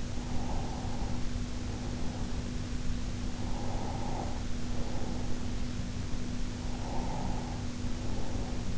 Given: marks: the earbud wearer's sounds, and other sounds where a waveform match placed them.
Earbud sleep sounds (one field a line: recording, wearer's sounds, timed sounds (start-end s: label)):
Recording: sounds in sleep by an in-ear microphone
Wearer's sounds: breath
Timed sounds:
0.11-2.68 s: breath
3.33-5.46 s: breath
6.66-8.78 s: breath